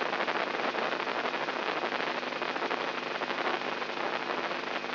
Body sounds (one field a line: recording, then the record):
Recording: brain microelectrode recording played as sound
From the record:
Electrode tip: inside the subthalamic nucleus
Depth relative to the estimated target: -4 mm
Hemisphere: right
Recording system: AlphaMap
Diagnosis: Parkinson's disease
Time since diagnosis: 11 years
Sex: male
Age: 67 years